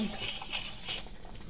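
Brief high-pitched whistling noises recur three times within a second and a half over a low background hum as an adult breathes. This is stridor, a harsh breathing sound from turbulent airflow through a narrowed upper airway, mainly heard on breathing in.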